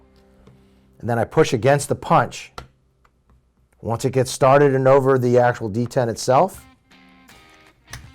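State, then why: Seated. On an IWI X95 9mm rifle being converted from right- to left-hand, a part in the receiver is pushed along with a punch that holds down a spring detent while someone talks. After the speech, a faint scrape is followed by a sharp snap at 7.9 s as the part passes over the spring detent and seats in place.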